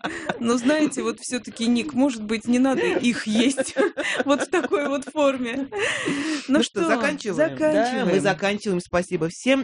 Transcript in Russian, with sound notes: Ну знаете, вот, все-таки, Ник, может быть, не надо их есть вот в такой вот форме? (смеется)
Ну что, заканчиваем, да?
Заканчиваем.
Мы заканчиваем, спасибо всем.